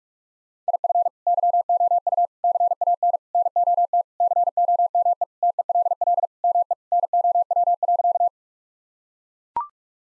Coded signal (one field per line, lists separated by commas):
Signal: Morse code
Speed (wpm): 43 wpm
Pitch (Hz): 700 Hz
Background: none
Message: IF YOU CANNOT COME TELL ME NOW.